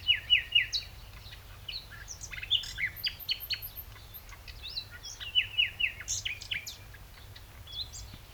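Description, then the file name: Common nightingale song: rapid varied phrases of high chirps, whistles and trills, opening with a quick repeated note series, over steady low background hum. "Luscinia megarhynchos"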